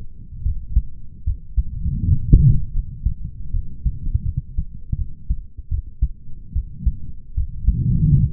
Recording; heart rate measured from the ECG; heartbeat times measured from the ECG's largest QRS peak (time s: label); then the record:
heart sounds by stethoscope; 78 bpm
0.43 s: heartbeat
1.24 s: heartbeat
2.06 s: heartbeat
2.73 s: heartbeat
3.52 s: heartbeat
4.23 s: heartbeat
4.96 s: heartbeat
5.69 s: heartbeat
6.53 s: heartbeat
7.35 s: heartbeat
8.13 s: heartbeat
From the record:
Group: healthy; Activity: rest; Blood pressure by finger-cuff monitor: 91/62 mmHg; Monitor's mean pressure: 69 mmHg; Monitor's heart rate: 73 bpm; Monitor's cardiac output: 5.8 L/min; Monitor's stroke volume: 80 mL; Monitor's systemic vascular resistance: 850 dyn s/cm5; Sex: male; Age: 20 years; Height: 187 cm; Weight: 68.9 kg